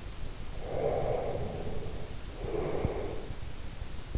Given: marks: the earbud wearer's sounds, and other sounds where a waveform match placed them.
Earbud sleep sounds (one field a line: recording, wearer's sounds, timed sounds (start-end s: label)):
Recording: sounds in sleep by an in-ear microphone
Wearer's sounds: breath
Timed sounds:
0.59-3.34 s: breath